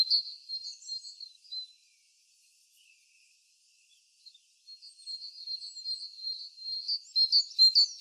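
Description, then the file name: Great tit calling: thin, high notes, a silent gap, then a string of repeated notes growing louder toward the end. "Parus major"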